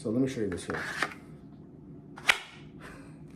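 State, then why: Seated. Someone talks briefly, then a custom knife is pushed into its fitted sheath with a short sliding rustle. It snaps in with a sharp, loud click at 2.3 s and locks in place.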